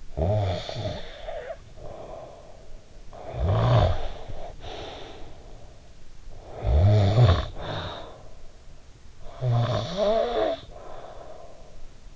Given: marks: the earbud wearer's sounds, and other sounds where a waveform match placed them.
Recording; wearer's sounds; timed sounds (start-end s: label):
sounds in sleep by an in-ear microphone; snoring breath
0.00-2.82 s: snoring breath
2.99-5.91 s: snoring breath
6.19-8.71 s: snoring breath
8.97-12.16 s: snoring breath